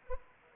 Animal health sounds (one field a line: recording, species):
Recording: mosquito wingbeat signal from an infrared sensor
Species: Anopheles arabiensis